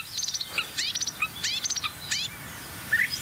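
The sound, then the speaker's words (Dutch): A European bee-eater calling: bursts of rolling, liquid trilled chirps, repeated several times in quick succession, then a short gap before a few fainter high notes at the end. “Bijeter.”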